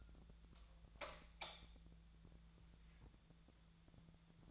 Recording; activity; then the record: daily activity, microphone in the room; light on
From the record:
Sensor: 3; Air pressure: 1000.0 hPa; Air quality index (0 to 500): 123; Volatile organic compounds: 2 ppm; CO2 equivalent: 1102 ppm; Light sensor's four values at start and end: 30/76/32/35 and 32/85/35/38